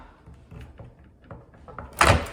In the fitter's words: and pull down the lever you're going to hear a pop and